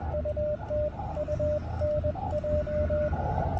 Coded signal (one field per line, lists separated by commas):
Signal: Morse code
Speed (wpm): 22 wpm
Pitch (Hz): 600 Hz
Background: radio noise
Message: UT U NJ